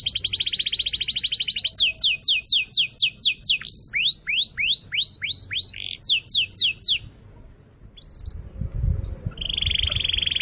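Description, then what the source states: Canary song with fast rolling trills and runs of sharp descending sweeps, switching tours every second or two, a short quiet gap, then a buzzy trill resumes. Canary song recording used as a lure for birds.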